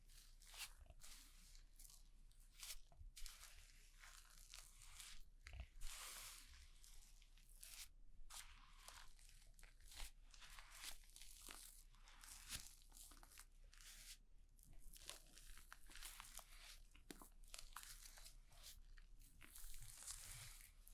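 A haircut with dense, irregular crisp snipping and crunching bursts throughout, bright rustling textures, and a low steady hum underneath.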